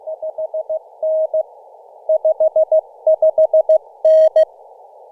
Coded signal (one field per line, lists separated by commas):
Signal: Morse code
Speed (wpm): 16 wpm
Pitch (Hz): 630 Hz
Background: none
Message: 5N 55N